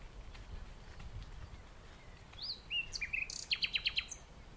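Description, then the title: Common nightingale song: a few soft slurred whistles leading into a quick series of emphatic repeated notes. Recorded in the dunes of The Hague on a lockdown morning walk, 12 May 2021. "Nightingale and joggers in the dunes (The Hague, May 12th 2021)"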